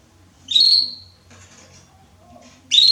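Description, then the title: Belgian canary: two short rising whistled notes separated by a quiet pause with faint background sounds. Male Belgian canary singing a lot, used to warm up young canaries. "Esquente Seu Filhote E Canario Belga Em 30 Minutos Macho Cantando Muito. Esquente seu canrio belga em 30 minutos - Canrio Belga estourado"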